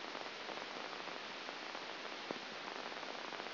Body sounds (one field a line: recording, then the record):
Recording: brain microelectrode recording played as sound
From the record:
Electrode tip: outside the subthalamic nucleus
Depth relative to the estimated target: -5 mm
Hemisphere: left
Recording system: AlphaMap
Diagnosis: Parkinson's disease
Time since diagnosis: 9 years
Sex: male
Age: 68 years